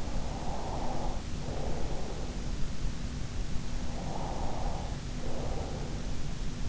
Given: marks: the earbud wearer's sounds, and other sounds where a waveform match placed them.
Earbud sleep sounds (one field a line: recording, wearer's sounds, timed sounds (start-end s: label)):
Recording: sounds in sleep by an in-ear microphone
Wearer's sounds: breath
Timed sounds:
0.08-2.18 s: breath
3.97-5.93 s: breath